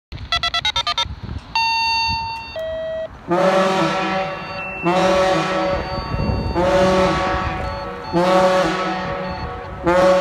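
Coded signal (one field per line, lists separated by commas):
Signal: coded fire alarm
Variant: Gamewell diaphone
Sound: brief electronic beeps, then about five long, deep, moaning horn blasts in succession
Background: electronic tones at start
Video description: These are Northport Fire Dwpartments diaohohes going off for a General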